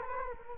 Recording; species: mosquito wingbeat signal from an infrared sensor; Culex quinquefasciatus